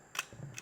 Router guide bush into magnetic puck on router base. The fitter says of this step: the guide Bush that you need and then it snaps into place